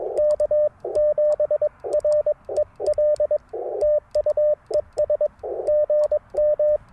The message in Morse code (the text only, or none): K7REL TU ES GM